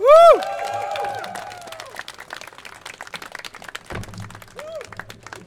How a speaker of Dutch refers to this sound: Ik wil nog graag een applaus